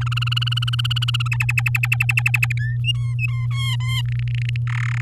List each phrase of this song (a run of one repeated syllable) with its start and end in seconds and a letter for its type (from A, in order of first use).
0.01-1.28 A, 1.31-2.52 B, 2.59-2.76 C, 2.84-3.47 D, 3.51-4.02 E, 4.05-4.56 F, 4.67-5.01 G